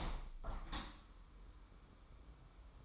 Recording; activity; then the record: daily activity, microphone in the room; open window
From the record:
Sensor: 1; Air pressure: 999.9 hPa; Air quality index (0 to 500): 236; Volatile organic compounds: 105 ppm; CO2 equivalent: 3789 ppm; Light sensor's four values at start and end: 10/25/10/11 and 11/27/11/12